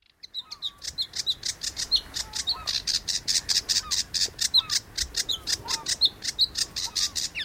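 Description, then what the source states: Sedge warbler song, a fast erratic stream of grating, chattering notes and buzzy trills, with short whistled slurs mixed in, continuing throughout. Spring; sedge warblers just arrived; sings from brambles; song grating and erratic.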